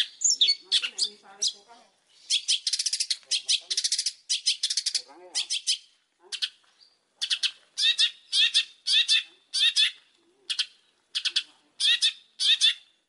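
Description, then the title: Oriental magpie-robin song: fast chattering, buzzy bursts and whistled notes in a steady stream of short phrases, with quieter soft notes underneath at the start. Whistled song of an Oriental magpie-robin in full, active voice, used as a lure to prompt other magpie-robins to answer. "Pancingan Suara Siulan Kacer Gacor Mantap Untuk Memancing Kacer Lain Agar Mau Nyaut Bunyi"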